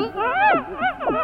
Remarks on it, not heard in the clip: Now, the seizure has stopped. You hear these loud noises. Brain is tired. Patient is often disoriented.